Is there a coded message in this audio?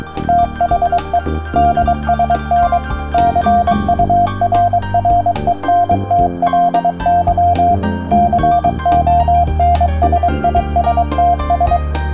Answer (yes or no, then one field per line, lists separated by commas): yes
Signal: Morse code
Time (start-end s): 0.3-11.8 s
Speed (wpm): 23 wpm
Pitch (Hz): 700 Hz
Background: music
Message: THE DSN CURRENTLY CONSISTS